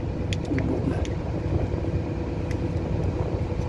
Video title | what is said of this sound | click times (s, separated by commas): Having Something Is Better Than Nothing 🤘 | So pag in-unlock mo siya, ayan bu | 0.3 s